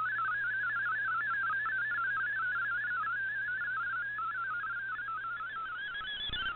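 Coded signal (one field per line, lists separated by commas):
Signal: multi-tone FSK (Olivia or MFSK type)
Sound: rapid warbling single tone jumping between close pitches, steady and continuous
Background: radio static, low hum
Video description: Here is my decode of the Shortwave Radiogram broadcast today on 7780Khz shortwave radio at 2030UTC in MFSK32 and 64 and with 8 SSTV images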